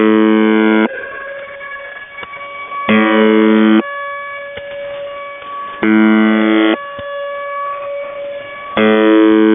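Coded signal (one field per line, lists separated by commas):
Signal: channel marker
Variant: UVB-76 (The Buzzer)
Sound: four harsh one-second buzzes about every three seconds over a steady droning tone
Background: steady tone jamming, radio static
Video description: Russian Buzzer UVB-76 seen with active air-raid siren audio jamming.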